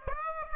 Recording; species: mosquito wingbeat signal from an infrared sensor; Aedes aegypti